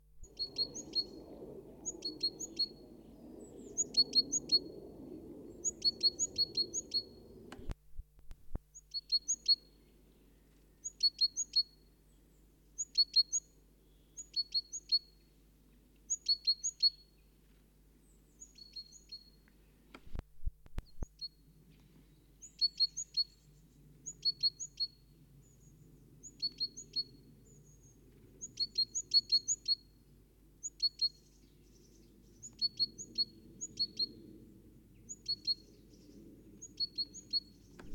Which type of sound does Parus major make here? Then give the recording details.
song. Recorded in the wild. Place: Kaiserslautern, Rheinland-Pfalz, DE. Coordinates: 49.26, 7.45. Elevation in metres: 206. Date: 1977-03-06. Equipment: Nagra IV, Sennheiser MKH 405, Parabolreflektor. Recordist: Tretzel, Erwin. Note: An der Denkmal-Buche: Kohlmeise "s-bibiz-pi"-Serie